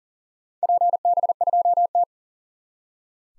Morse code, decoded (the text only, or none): PB2T